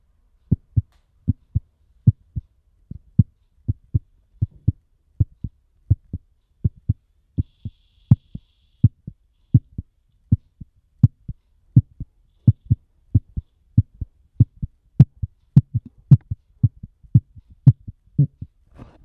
Heartbeat Human.